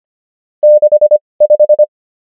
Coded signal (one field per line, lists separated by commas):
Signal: Morse code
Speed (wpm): 25 wpm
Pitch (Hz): 600 Hz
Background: none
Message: 65